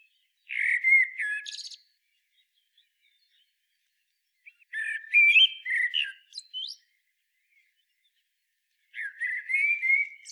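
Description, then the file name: Common blackbird delivering three short song phrases separated by pauses, rich whistled notes with squeaky high trills tacked on. "Turdus merula"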